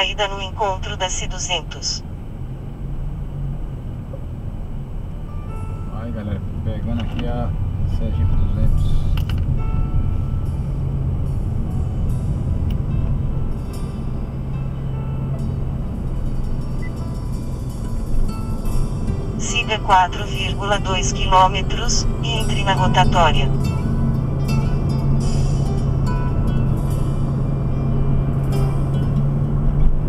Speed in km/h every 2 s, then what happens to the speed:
23, 25, 24, 22, 28, 39, 42, 50, 53, 56, 60, 65, 67, 70, 72.
0-7 steady at about 23. 7-30 speeds up to 72.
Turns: 2-7.